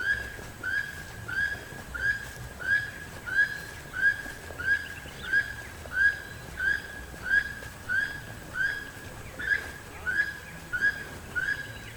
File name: Keel billed Toucan Ramphastos sulfuratus